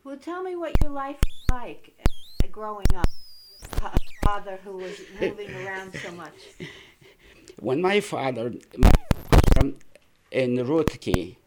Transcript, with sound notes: Well, tell me what your life was like growing up with a father who was moving around so much.
( he laughs ) When my father settled down in Rudki...